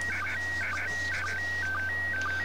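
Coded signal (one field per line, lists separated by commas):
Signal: SSTV (slow-scan television)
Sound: steady whistle tone jumping between pitches, with short low blips and warbling bursts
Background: low hum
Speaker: I better label the space cops because that's what it is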